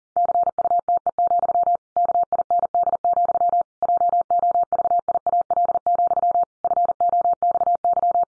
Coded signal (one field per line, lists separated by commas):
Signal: Morse code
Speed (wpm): 37 wpm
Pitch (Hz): 700 Hz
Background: none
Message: CUTE, KIND, JOVIAL, FOXY